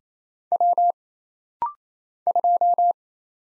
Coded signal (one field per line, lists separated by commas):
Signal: Morse code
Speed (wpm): 28 wpm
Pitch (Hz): 700 Hz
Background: none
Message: W 2